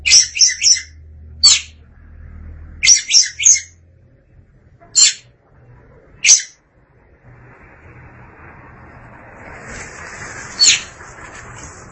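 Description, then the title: Oriental magpie-robin giving harsh, buzzy high notes, single and in quick triplets, spaced irregularly over the first six seconds, then a hissing background with one more rasping note. "Suara Kicauan Burung Kacer Durasi Panjang"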